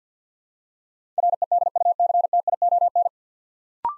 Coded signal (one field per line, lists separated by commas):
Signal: Morse code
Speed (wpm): 50 wpm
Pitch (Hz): 700 Hz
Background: none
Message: REDUCTION